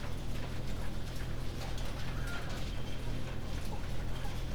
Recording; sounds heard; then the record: poultry house recording; healthy chickens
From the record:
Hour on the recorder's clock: 19